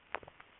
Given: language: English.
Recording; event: throat vibration sensor signal played as sound; swallow